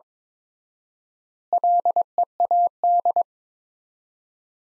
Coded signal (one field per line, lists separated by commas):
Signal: Morse code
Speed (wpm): 21 wpm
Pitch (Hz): 700 Hz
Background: none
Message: LEAD